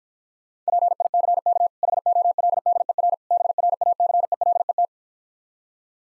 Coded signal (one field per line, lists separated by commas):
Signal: Morse code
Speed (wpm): 55 wpm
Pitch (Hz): 700 Hz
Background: none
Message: PICK HOLDER BRACELET